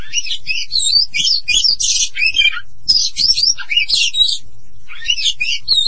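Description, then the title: Oriental magpie-robin singing fast, jumbled phrases of sweet whistles and scratchy chips, broken by brief pauses. "Kacer"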